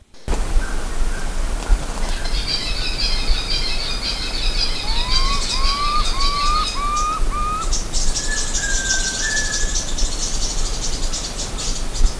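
Bird calls: five short upslurred whistled notes in quick succession, then a higher, more level note, over steady loud low rumbling noise and a faint high chatter.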